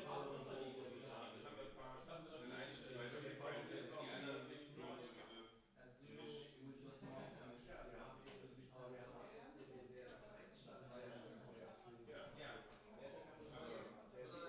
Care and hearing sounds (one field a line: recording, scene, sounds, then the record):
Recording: everyday scene through a hearing-aid microphone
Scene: many people talking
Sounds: many voices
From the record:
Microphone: in the ear canal, left